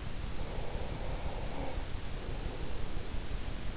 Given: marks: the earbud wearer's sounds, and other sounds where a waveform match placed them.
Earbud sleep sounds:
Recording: sounds in sleep by an in-ear microphone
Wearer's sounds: breath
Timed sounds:
0.33-3.56 s: breath

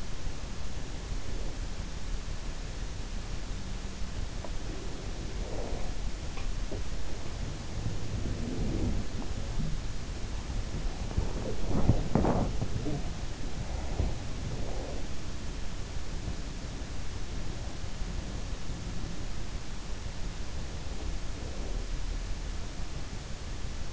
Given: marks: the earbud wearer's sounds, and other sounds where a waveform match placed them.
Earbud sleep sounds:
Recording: sounds in sleep by an in-ear microphone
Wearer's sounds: breath, body movement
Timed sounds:
0.54-2.03 s: breath
4.32-5.97 s: breath
6.33-23.93 s: body movement

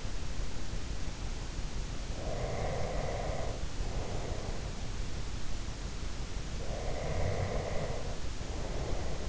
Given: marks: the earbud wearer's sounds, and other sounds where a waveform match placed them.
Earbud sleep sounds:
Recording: sounds in sleep by an in-ear microphone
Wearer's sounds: breath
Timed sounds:
2.20-4.79 s: breath
6.65-9.29 s: breath

